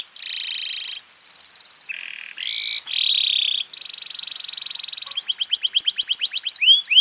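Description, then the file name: Domestic canary song made of changing buzzy tours at different pitches, finishing with a rapid repeated run of falling whistled notes. "kenari"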